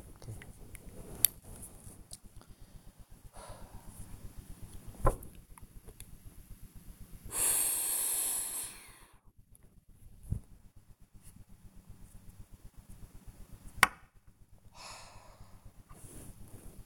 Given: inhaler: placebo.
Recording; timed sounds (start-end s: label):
one use of a dry powder inhaler by a smartwatch
0.34-1.68 s: inhaler activation
3.24-4.58 s: exhalation
7.17-9.39 s: inhalation
14.69-15.85 s: exhalation